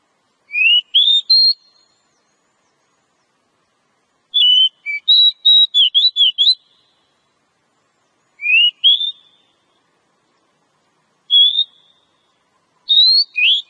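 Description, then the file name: Oriental magpie-robin song: short rising whistled phrases and a fast chattering run of notes, separated by silent pauses; nothing else audible. Lure recording ('pikat') of Oriental magpie-robin song, locally called kacer. "suara kacer pikat"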